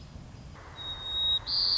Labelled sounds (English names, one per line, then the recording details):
White-crowned Sparrow
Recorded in Sonoma County, California